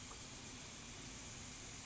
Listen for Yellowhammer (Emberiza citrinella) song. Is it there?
no